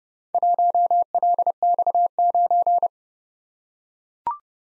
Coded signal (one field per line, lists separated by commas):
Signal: Morse code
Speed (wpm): 30 wpm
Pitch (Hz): 700 Hz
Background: none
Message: 1LX9